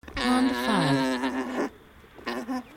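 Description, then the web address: Alpaca giving a long, buzzy, droning groan that wavers and dips in pitch, then a short second grunt after a brief gap. Male alpaca, mating call. "animal alpaca male mating call"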